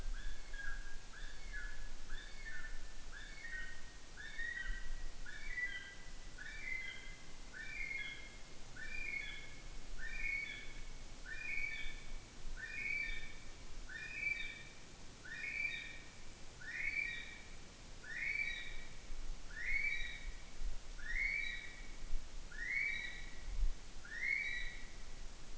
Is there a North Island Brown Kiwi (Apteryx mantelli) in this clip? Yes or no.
yes